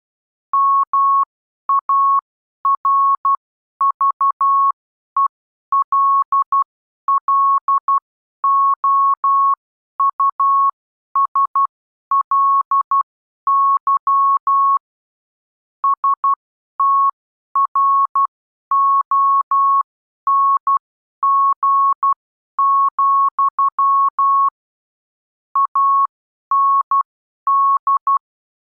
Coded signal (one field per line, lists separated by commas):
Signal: Morse code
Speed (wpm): 12 wpm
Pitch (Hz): 1100 Hz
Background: none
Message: MARVELLOUSLY STRONG, AND